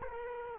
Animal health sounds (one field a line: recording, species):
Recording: mosquito wingbeat signal from an infrared sensor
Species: Culex quinquefasciatus